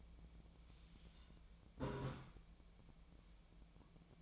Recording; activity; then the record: daily activity, microphone in the room; take from stove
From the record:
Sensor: 1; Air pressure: 1010.0 hPa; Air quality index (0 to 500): 188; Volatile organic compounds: 17 ppm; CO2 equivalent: 2577 ppm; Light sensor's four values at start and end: 38/97/41/49 and 38/97/40/49